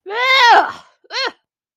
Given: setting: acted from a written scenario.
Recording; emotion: vocal sound without words; disgust